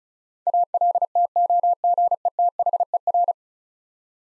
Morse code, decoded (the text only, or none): ALTOGETHER